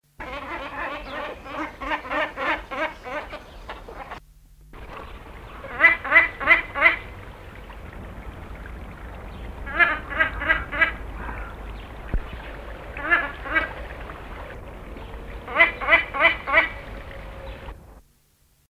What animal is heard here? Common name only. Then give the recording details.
Puna Ibis. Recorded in captivity. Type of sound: call. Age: adult. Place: Zoo Hannover, Niedersachsen, DE. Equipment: Halbspur, 9,5 cm/s. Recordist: Lütgens, Hans. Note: Rufe